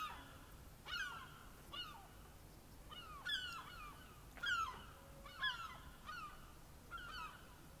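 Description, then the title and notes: Gull, strident falling cries at irregular intervals. Gulls calling on a quiet morning in a small secluded park in Dublin. "Sounds of gulls calling in an otherwise quiet atmosphere."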